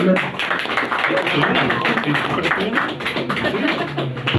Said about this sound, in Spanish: Un aplauso a todos.